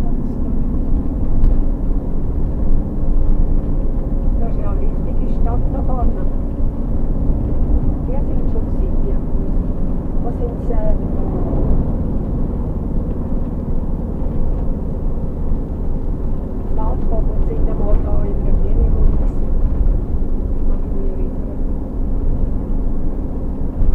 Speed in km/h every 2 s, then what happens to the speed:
55, 57, 62, 62, 64, 64, 62, 61, 59, 57, 55, 57.
0-8 speeds up to 64. 8-24 slows to 57.